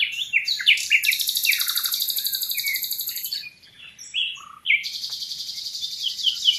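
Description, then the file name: Common nightingale singing varied short whistles and chirps, then a long fast rattling trill, a brief pause with soft notes, and another loud rapid trill. "Luscinia megarhynchos"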